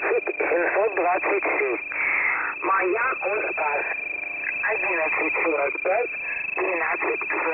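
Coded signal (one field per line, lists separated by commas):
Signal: coded military voice message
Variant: The Pip, Russian voice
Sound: a man speaking steadily over a narrow, tinny shortwave radio channel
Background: radio static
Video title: The Pip voice message (December 23, 2020 11:50 UTC)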